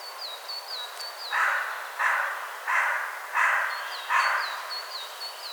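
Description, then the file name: Carrion crow giving five harsh caws in a row while a small bird repeats thin, high, falling whistled notes at the start and end. "Corvus corone"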